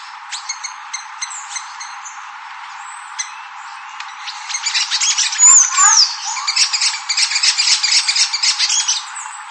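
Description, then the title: Bird chirps: a few thin, sparse high ticks at first, then a dense burst of rapid high chirping and twittering in the second half. "LuckyPassaro Completos2Sama"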